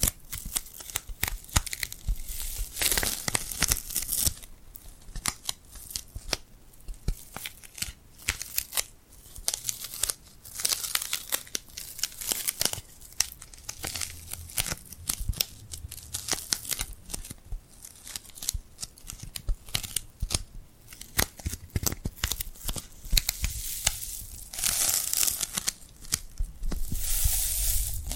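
Sticky glued hands pull apart in rapid, irregular crackles and peeling snaps, dense and bright, continuing steadily throughout with brief quieter gaps.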